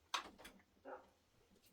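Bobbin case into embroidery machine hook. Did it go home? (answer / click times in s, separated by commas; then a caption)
no / none. A bobbin case is pushed into the rotary hook of a Brother 10-needle multi-needle embroidery machine while the bobbin is checked before a long stitch-out. A sharp knock is heard at about 0.1 s, followed by a softer rattling scrape around 0.9 s. The bobbin case has not clicked in, so it is not latched.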